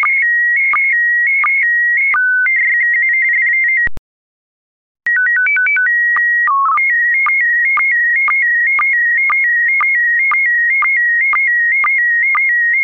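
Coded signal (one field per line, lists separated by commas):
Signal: SSTV (slow-scan television)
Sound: quick rising beep tones, a pause, a long steady tone, chirpy code bits, then warbling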